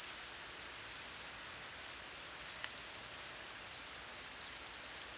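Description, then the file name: European robin making sharp, very high call notes: single notes and two rapid stuttering clusters of several notes, over a soft background hiss. "Erithacus rubecula"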